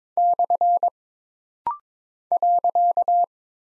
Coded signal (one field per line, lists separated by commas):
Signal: Morse code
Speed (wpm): 22 wpm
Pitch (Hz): 700 Hz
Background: none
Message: / .